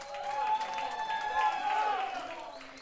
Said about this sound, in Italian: Un applauso, grazie.